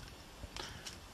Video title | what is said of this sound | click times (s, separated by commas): Thay tháo sửa lắp màn hình laptop Aspire One D255E-13605 LCD Screen replacement fix assembly guide | and you will hear some clicks uh and | 0.6 s, 0.9 s